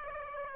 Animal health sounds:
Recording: mosquito wingbeat signal from an infrared sensor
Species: Aedes aegypti

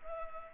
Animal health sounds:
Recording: mosquito wingbeat signal from an infrared sensor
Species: Culex pipiens

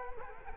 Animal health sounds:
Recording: mosquito wingbeat signal from an infrared sensor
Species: Culex quinquefasciatus

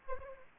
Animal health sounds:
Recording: mosquito wingbeat signal from an infrared sensor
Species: Anopheles arabiensis

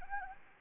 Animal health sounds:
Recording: mosquito wingbeat signal from an infrared sensor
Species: Anopheles gambiae

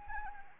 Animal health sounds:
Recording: mosquito wingbeat signal from an infrared sensor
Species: Anopheles arabiensis

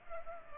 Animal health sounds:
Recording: mosquito wingbeat signal from an infrared sensor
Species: Culex pipiens

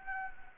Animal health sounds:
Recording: mosquito wingbeat signal from an infrared sensor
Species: Anopheles gambiae

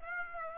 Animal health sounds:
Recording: mosquito wingbeat signal from an infrared sensor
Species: Aedes aegypti

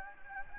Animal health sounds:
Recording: mosquito wingbeat signal from an infrared sensor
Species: Anopheles gambiae

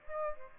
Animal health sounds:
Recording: mosquito wingbeat signal from an infrared sensor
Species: Aedes aegypti

